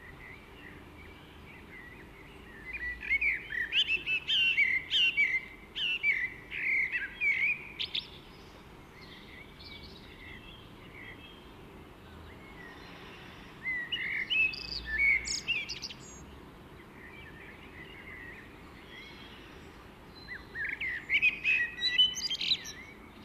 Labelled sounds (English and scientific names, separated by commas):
Common Blackbird (Turdus merula) song